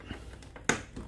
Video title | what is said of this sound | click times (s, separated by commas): รีวิวแอร์เคลื่อนที่ Acinatic 9,000 BTU รุ่น an-pac09a1 (สรุปหลังคลิบให้ครับ) | นี่ครับดึงลงแจ็คมันจะดังแก๊กแล้วให้เราเปิดออกมานี้นะครับ | 0.7 s